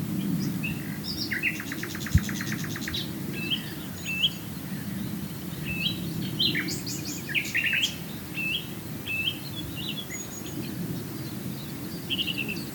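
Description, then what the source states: Common nightingale delivering a rapid trill, then separated chirps and short whistled phrases, over a persistent low hum. Recorded at Swale.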